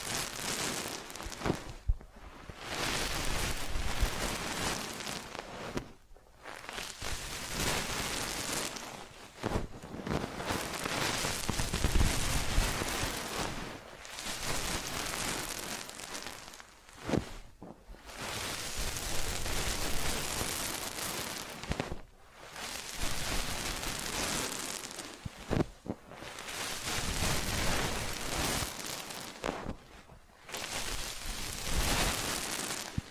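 Massage and ear-cleaning sounds come as dense, hissing rubs and scratches, like steady rain, across low and bright tones alike. They run in strokes of three to four seconds, broken by short quiet gaps, with occasional sharp clicks between them.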